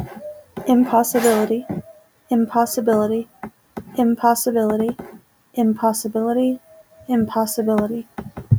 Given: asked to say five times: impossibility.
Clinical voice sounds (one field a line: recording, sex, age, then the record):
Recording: repeated word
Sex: female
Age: 30 to 39 years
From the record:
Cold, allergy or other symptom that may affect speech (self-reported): no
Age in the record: 31 years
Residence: Arizona, United States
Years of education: 15